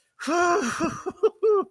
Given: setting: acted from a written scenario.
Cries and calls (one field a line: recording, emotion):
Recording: vocal sound without words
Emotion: ecstasy